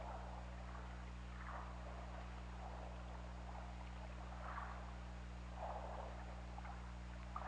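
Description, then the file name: Killer whale calls, several rounded mid-pitched bursts, some stronger than others, over an unbroken hum and wash of underwater noise. OrcaLab hydrophone recording, 16 February 2018, 16:36:03. "Orca Lab UTLN JASON 20180216 163603"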